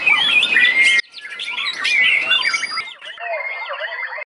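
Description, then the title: White-rumped shama with bright whistled and chattering phrases in three abrupt sections, the sound cutting off sharply between them. "murai batu"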